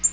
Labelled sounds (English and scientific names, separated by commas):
Black-throated Green Warbler (Setophaga virens) flight call